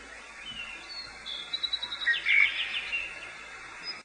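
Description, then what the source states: Bird chirps, a short burst of quick high twittering notes midway, over a steady high thin tone and faint background hiss. Morning bird call.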